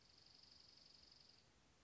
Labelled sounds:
Dark-eyed Junco

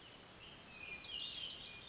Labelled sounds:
Hermit Thrush

